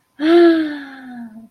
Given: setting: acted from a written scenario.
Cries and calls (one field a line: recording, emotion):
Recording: vocal sound without words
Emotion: relief